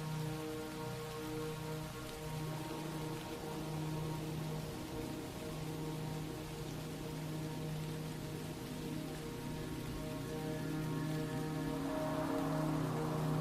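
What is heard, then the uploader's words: Soft, steady rain patters throughout, an even hiss filling the whole clip. Beneath it, sustained low tones hold and shift slowly like a gentle pad of music, and the sound swells slightly fuller and brighter in the last couple of seconds. Relaxing minecraft music with soft rain.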